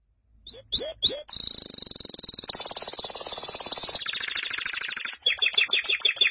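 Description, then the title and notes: Canary singing three short upslurred whistles before a fast rolling trill, which breaks into a harsher rattle and ends in quick, sharp chips. "BM Suara Kenari. BM Suara Burung Kenari"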